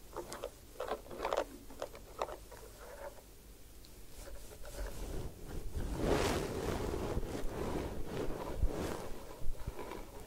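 Hair washing and massage with soft scrubbing, brief rubbing bursts early, then a steadier wash of water and rubbing from six seconds on.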